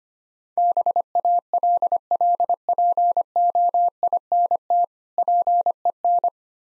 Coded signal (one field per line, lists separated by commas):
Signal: Morse code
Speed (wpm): 25 wpm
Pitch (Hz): 700 Hz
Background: none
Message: BALLPOINT PEN